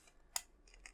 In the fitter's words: make sure all the lugs here you've got four of these line up you may have heard that just click in then